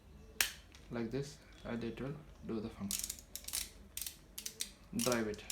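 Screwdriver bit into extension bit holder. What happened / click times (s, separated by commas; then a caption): The bit snapped into the holder / 0.4 s. A screwdriver bit is pushed into the socket of a screwdriver extension or T-handle bit holder and snaps in with one sharp click at 0.4 s, seating it. Someone talks, and a few lighter ticks and clicks follow later in the clip.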